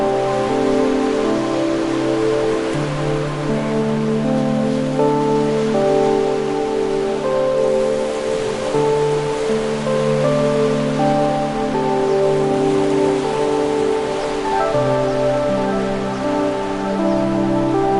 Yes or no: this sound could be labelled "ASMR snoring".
no